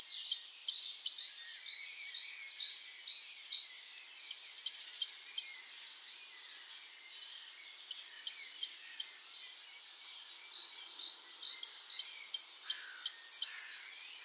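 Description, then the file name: Great tit song in four loud bursts, each a fast string of bright paired notes, with quieter phrases between. "Parus major"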